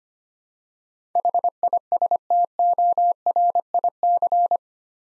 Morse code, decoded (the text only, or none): HISTORIC